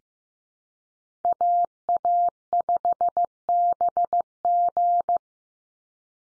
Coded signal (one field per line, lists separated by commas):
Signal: Morse code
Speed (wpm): 15 wpm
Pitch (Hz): 700 Hz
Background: none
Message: AA5BG